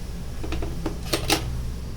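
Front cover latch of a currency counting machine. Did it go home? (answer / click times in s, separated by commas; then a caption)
yes / 1.1 s, 1.3 s. The front cover of an LT 6000 PRO currency counting machine is pushed closed and pressed with both thumbs so the side latches lock. A few soft knocks at about 0.5 and 0.9 s lead into two sharper, louder clicks at 1.1 s and 1.3 s as the cover latch locks shut.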